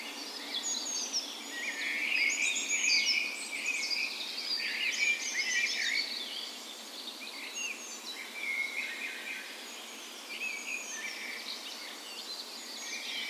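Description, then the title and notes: Birds singing in a dawn chorus, dense overlapping chirps and whistled trills, busier in the first half. Park west in Bergen, Norway; morning of 17 May, Norway's National Day; spring; Sony PCM A10 recorder with LOM Usi microphones placed as tree ears. "17th Of May Dawn Chorus. Recorded on the morning of Norways National Day the 17th of May in a park west in Bergen"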